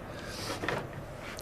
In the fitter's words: Just twist it. Locks in place